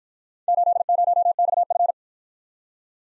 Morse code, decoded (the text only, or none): 80XF